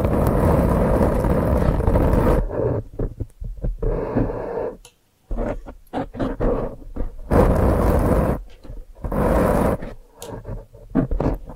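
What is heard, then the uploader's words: Brain flossing sounds with no talking: loud, rough rubbing and scraping fill the first two seconds, then break into choppy bursts with brief gaps. A near-silent pause comes around five seconds before the dense rustling returns in uneven surges, heaviest near eight and nine seconds. ASMR Brain Flossing (No Talking).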